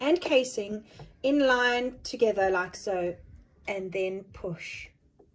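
A bobbin in its metal casing is lined up with the front-loading shuttle of a sewing machine and pushed in while someone talks. The clip ends before the bobbin case goes home, so nothing has seated or clicked yet.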